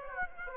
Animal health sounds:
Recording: mosquito wingbeat signal from an infrared sensor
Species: Aedes aegypti

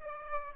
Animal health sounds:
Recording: mosquito wingbeat signal from an infrared sensor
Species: Aedes aegypti

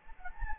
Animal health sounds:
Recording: mosquito wingbeat signal from an infrared sensor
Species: Anopheles gambiae

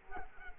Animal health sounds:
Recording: mosquito wingbeat signal from an infrared sensor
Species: Culex quinquefasciatus

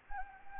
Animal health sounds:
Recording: mosquito wingbeat signal from an infrared sensor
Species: Anopheles arabiensis

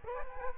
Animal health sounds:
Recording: mosquito wingbeat signal from an infrared sensor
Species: Aedes aegypti

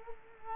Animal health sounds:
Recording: mosquito wingbeat signal from an infrared sensor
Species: Culex quinquefasciatus

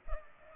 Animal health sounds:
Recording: mosquito wingbeat signal from an infrared sensor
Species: Culex pipiens

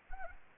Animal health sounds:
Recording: mosquito wingbeat signal from an infrared sensor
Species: Anopheles arabiensis

